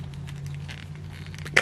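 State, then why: Seated. A limb that popped off a McFarlane DC Multiverse Frost King collect-to-build plastic action figure is pushed back in, its ball joint going into the torso socket. After low rumbling background noise with faint rustles, a sharp click sounds at 1.6 seconds as the joint seats back in place.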